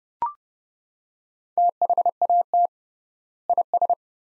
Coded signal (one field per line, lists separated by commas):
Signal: Morse code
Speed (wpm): 31 wpm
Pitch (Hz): 700 Hz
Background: none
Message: THAT IS